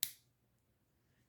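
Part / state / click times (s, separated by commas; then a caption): folding knife blade locking into the open position in its handle / seated / 0.0 s. A beginner folding knife's blade is swung open in its handle until the locking mechanism engages with a single sharp, bright click at 0.0 s, followed by near silence. The blade is now locked open and will not move until it is unlocked.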